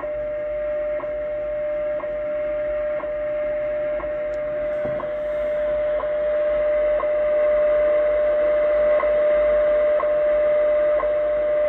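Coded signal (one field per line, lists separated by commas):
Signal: radio time signal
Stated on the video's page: WWV time signal on 25000 kHz shortwave, received on a Yaesu FTdx10 with an end-fed antenna, under seasonal propagation changes.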